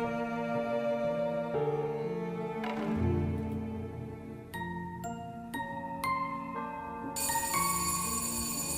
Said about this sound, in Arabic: جرس الباب رن، سمعت الصوت،